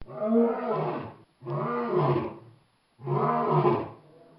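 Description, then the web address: Lion roaring in three long, heavy bursts, each lasting over a second with a short gap between them, deep and rough with strong low harmonics. "Bobby Cole Lion-Roar"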